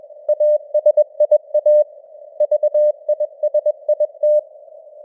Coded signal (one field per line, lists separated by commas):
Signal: Morse code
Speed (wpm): 21 wpm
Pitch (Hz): 600 Hz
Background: none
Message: ASIA VISIT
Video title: Morse Code News | 2025-10-25 | 21wpm